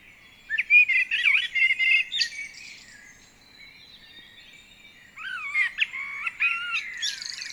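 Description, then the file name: Common blackbird song: two phrases of twisting warbled notes with high scratchy flourishes, a quiet gap between them. "Turdus merula"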